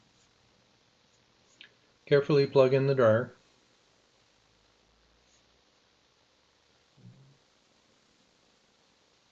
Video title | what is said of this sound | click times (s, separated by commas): Senior Replaces Clothes Dryer Heating Element | Tilt the cover up and snap into place. | 1.6 s